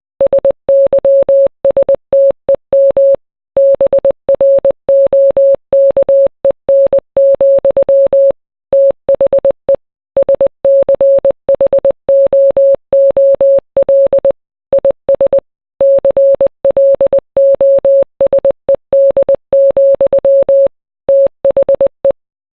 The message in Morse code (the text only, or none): SYSTEM BROKEN, THE SCHOOL IS CLOSED, THE